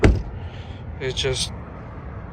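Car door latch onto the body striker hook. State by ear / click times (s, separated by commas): not seated / none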